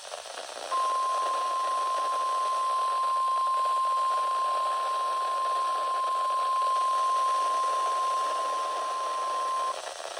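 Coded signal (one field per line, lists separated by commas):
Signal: Emergency Alert System (SAME) tones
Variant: 1050 Hz attention tone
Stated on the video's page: Required weekly test on NOAA Weather Radio station WXJ28 serving Jacksonville.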